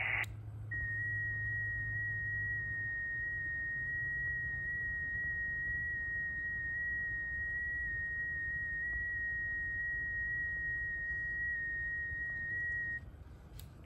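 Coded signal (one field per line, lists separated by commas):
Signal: FT8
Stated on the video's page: FT8 from a Xiegu X6100 via USB to WSJT-X, portable telescoping antenna indoors in the living room.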